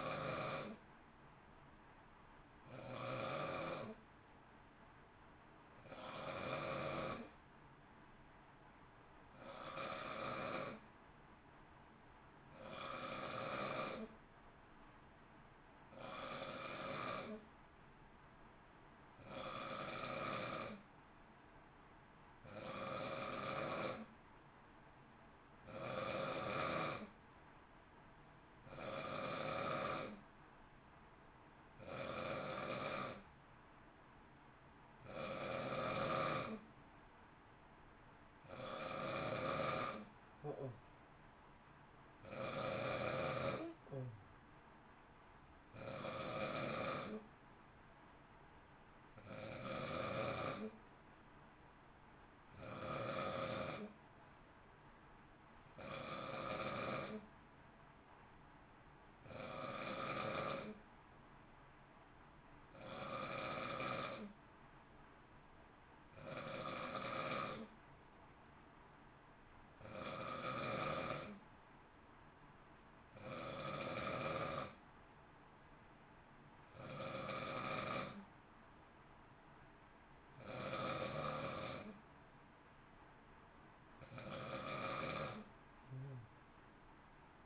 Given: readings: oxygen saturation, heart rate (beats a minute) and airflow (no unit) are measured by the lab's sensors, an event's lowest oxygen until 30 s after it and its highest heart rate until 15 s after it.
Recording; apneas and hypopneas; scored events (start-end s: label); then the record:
breathing in sleep by a voice recorder at the bedside; 1
6.00-24.20 s: hypopnea (N2, oxygen 94% highest, then 89% lowest, heart rate 55 at the start, 57 highest)
From the record:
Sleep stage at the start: N2 (light sleep); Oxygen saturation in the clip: 89 to 94%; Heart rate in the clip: 53 to 58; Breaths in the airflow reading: 32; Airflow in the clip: -0.7 to 0.7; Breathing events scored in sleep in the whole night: 328 in 6.3 hours asleep